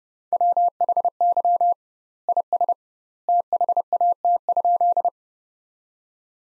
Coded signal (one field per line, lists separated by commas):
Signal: Morse code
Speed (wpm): 32 wpm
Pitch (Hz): 700 Hz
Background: none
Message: WHY IS THAT?